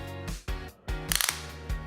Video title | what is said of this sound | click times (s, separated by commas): Yakima SkyLine Towers Installation | it's engaged it'll sound and feel like a gas cap give it three rounds of these multiple clicks | 1.1 s, 1.2 s, 1.3 s